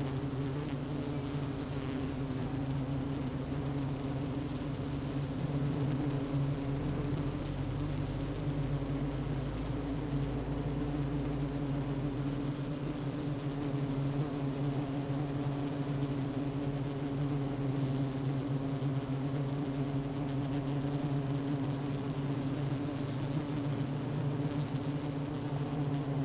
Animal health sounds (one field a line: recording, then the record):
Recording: honeybee colony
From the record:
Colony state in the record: active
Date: 12 June 2018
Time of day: 9:58